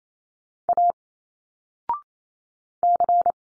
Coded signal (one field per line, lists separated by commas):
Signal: Morse code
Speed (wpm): 28 wpm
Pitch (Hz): 700 Hz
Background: none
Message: A C